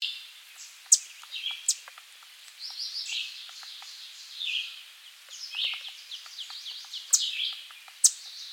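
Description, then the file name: American redstart song: several runs of high, rapid notes, some dropping in pitch, with a few sharp clicks. "Setophaga ruticilla - American Redstart"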